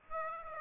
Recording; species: mosquito wingbeat signal from an infrared sensor; Aedes aegypti